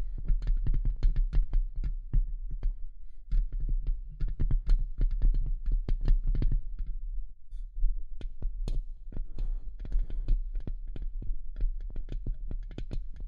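Quick tapping and scratching run through the whole clip, a dense string of sharp clicks and scrapes that come several times a second with no steady beat. A low, thumping rumble sits underneath, dropping away briefly near three seconds and again after about seven.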